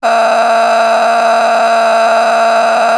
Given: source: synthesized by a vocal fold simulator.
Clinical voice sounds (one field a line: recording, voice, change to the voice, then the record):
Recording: sustained vowel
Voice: female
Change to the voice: a random mix of aspiration noise, stiffness perturbation and strain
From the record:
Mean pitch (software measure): 228 Hz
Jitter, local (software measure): 3.97%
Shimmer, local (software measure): 12.8%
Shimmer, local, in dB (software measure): 1.17 dB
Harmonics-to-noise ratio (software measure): 8.0 dB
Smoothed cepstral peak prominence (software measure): 9.3 dB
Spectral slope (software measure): -16.5 dB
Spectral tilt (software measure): -8.9 dB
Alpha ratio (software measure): -7.0 dB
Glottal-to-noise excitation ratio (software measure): 0.839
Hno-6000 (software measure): 1.7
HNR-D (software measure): 29.2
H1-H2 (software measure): -1.1 dB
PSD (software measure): 1.8e-04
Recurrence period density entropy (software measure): 0.132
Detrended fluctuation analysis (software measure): 0.0107